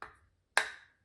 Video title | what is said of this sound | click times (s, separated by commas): DeAgostini RB19 Build Stages 3-5 - Max Verstappen's 2023 Red Bull F1 Racing Car | push it in. You'll hear a little click. And that is in. | 0.6 s